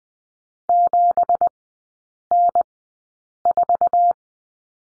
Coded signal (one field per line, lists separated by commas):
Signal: Morse code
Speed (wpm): 20 wpm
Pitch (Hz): 700 Hz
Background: none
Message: 7N4